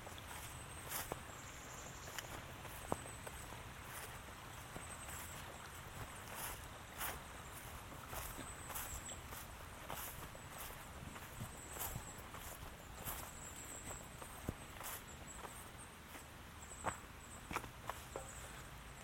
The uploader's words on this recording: Walk in Pennsylvania. A walk in Michaux State Forest.